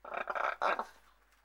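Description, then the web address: Macaw giving a few harsh, grating squawks, the last one loudest, then quiet. "KMP Film Video Sound Effects. Ara - Papegaai"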